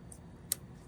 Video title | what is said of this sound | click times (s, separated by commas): Machine Knitting 006.5: Change Selector Jack | kind of snaps right in | 0.5 s